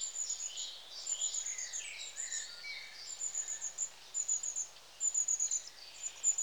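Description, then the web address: Long-tailed tit calling: high, thin trilled phrases in rapid succession, with softer sliding chirps lower down and a quiet hiss throughout. "The BBC Sound Effects Library. Long Tailed TIT"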